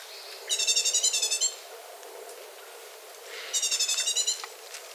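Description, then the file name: Great tit giving a rasping churr of rapid even pulses lasting about a second, repeated once after a two-second pause. "Parus major"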